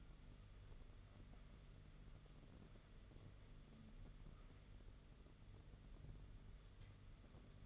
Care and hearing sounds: daily activity, microphone in the room; wipe stove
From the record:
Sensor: 4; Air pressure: 995.4 hPa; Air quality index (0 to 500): 214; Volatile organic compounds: 248 ppm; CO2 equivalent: 4356 ppm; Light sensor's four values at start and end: 24/75/28/31 and 24/74/28/31

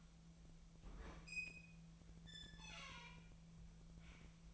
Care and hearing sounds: daily activity, microphone in the room; open fridge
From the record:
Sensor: 1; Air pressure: 1009.7 hPa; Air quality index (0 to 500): 191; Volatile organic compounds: 18 ppm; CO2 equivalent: 2621 ppm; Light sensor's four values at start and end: 33/83/35/42 and 33/83/35/42

